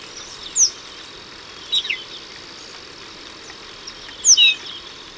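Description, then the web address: Golden-rumped euphonia giving a few short, high, clear call notes spaced over several seconds, with a steady high insect hum behind. Ecuador. "Natures Songs S America Birds of Ecuador. Golden-Rumped Euphonia"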